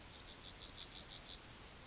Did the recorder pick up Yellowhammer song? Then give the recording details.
yes. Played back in grassland. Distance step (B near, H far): E. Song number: 170